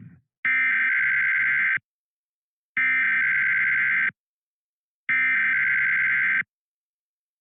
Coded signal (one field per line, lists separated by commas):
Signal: Emergency Alert System (SAME) tones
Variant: header bursts